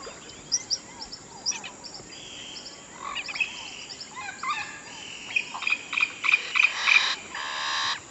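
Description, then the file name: Birds singing in a mixed chorus: scattered chirps and whistled notes, then a fast series of bright repeated notes and a buzzy burst near the end. "Natural Sample Makers - Relaxing Birdsong"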